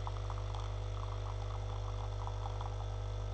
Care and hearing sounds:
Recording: daily activity, microphone in the room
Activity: make coffee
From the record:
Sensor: 4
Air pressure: 991.6 hPa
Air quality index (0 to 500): 131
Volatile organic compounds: 43 ppm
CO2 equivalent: 3200 ppm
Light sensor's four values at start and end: 17/55/21/20 and 17/55/21/20

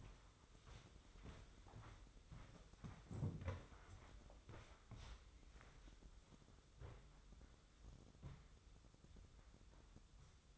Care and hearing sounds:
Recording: daily activity, microphone in the room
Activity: walk to room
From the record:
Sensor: 3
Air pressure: 995.5 hPa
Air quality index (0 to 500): 86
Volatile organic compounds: 8 ppm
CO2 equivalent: 2081 ppm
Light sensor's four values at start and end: 26/80/34/29 and 27/81/34/29

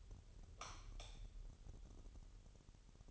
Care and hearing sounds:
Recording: daily activity, microphone in the room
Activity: light off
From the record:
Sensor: 4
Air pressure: 989.2 hPa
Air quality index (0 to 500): 217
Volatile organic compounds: 70 ppm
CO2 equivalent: 3516 ppm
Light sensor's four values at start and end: 28/92/34/36 and 25/80/30/30

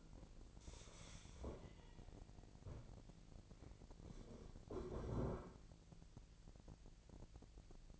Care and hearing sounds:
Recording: daily activity, microphone in the room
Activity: stand up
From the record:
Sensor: 5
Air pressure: 1001.9 hPa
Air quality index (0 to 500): 246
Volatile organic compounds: 29 ppm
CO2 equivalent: 2942 ppm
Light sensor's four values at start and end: 43/104/43/47 and 44/104/43/47

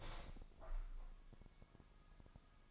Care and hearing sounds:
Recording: daily activity, microphone in the room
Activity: open window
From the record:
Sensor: 5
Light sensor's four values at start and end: 34/79/32/31 and 34/79/32/31

